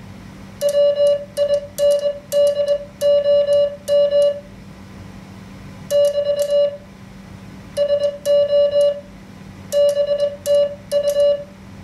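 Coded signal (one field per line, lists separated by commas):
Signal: Morse code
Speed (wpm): 21 wpm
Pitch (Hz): 580 Hz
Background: none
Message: WINDOM <BT> SO BTU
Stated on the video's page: Simulated Morse QSO practice generated by the QSO simulator in an MFJ-493 keyer.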